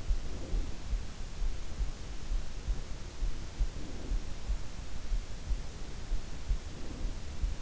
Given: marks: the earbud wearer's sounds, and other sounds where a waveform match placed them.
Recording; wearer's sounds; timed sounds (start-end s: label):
sounds in sleep by an in-ear microphone; breath
0.00-1.03 s: breath
3.59-4.72 s: breath
6.40-7.59 s: breath